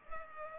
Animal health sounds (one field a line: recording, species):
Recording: mosquito wingbeat signal from an infrared sensor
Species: Culex pipiens